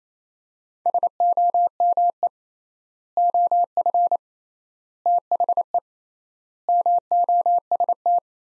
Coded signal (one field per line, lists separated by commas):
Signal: Morse code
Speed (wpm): 28 wpm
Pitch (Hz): 700 Hz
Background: none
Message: SOME OF THE MOST